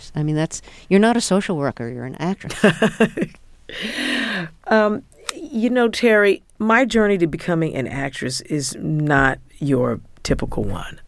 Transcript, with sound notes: I mean, that's - you're not a social worker. You're an actress.
(SOUNDBITE OF LAUGHTER)
You know Terry, my journey to becoming an actress is not your typical one.